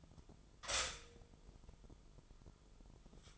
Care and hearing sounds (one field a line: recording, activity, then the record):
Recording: daily activity, microphone in the room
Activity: stop toaster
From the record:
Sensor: 5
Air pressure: 988.7 hPa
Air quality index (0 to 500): 233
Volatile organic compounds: 186 ppm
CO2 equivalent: 4164 ppm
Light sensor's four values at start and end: 40/124/48/51 and 40/124/48/51